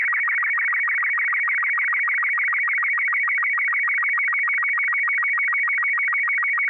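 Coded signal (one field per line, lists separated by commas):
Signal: SSTV (slow-scan television)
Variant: Robot 36 mode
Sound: warbling high tones with a rapid, regular ticking rhythm, continuous throughout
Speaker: this is important to remember because sstv runs full duty cycle and running too much power for too long can overheat your radio you should never exceed 50 watts or keep a close eye on your equipment so [Music] so sstv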